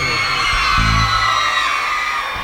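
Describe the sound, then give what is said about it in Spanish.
An audience of single women at a live show in Salta shouts and whoops together, a loud, sustained wall of high-pitched screams lasting the whole moment, with a low rumbling undertone beneath the cheering. “A ver el grito de las mujeres solteras esta noche.”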